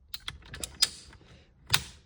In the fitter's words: And I'm going to put this one into basically this slot number 1, and it will just click into place.